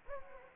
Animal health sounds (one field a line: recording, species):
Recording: mosquito wingbeat signal from an infrared sensor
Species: Anopheles gambiae